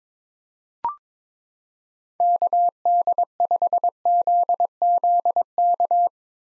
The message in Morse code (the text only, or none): KD5ZZK